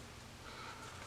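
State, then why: Not seated. During reassembly of a Grizzly Mark I pistol, the recoil spring cap is pressed down by thumbs under the barrel bushing in the slide while the bushing is rotated to lock it. Only low, steady handling and rustling noise is heard, with no distinct click. Nothing has seated or clicked into place yet.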